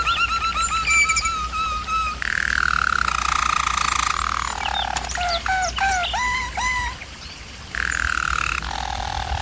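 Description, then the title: German Roller canary song: rolling trills, then quick dipping whistled notes around six seconds, a brief quieter gap, and a renewed trill near the end; low hum throughout. German Roller canary singing, for canary training. "German Roller Canary Singing - Canary Training Vid"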